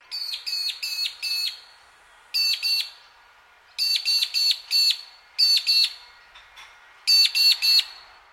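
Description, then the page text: Magpie-lark calls in quick bursts of two to five sharp, ringing notes, each burst separated by short pauses, repeated about five times over a faint background hiss. In Queensland; a call sequence. "Bird Magpie Lark (Peewee) Call Sequence 02. Birds in Queensland"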